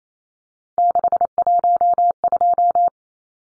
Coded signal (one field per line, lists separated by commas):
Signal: Morse code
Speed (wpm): 28 wpm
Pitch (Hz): 700 Hz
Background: none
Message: 612